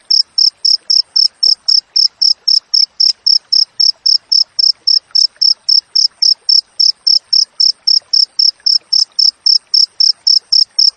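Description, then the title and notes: Cricket calling with a fast, regular train of bright high chirps, close to four each second, continuous from start to finish. Wild cricket with clear, closely spaced chirps, used as tutor audio for training songbirds and to repel rats. "Masteran Jangkrik Alam Jernih, Jeda Rapat Cocok Untuk Masteran Burung Dan Mengusir Tikus. suara jangkrik"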